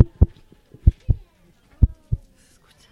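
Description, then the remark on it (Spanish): A slow, steady heartbeat of deep, muffled lub-dub thumps, each beat a pair of low pulses repeating at an even pace with little else around them. “¿Escucháis los latidos?”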